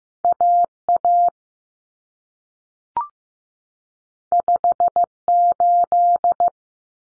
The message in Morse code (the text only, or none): AA 58